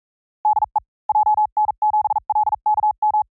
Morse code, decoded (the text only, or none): DE JN7LKM